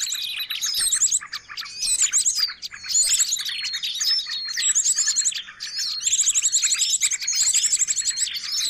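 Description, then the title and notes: Birds chatter in a dense run of chirps and whistles, with longer buzzy trill sequences toward the end. Noisy bird chatter used as a lure (pikat) for catching birds. "Master Burung Ribut. Burung Ribut Pikat"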